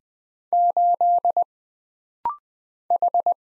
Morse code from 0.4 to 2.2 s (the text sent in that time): 8